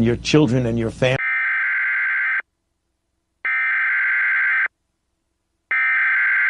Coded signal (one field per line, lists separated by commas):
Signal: Emergency Alert System (SAME) tones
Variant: header bursts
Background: speech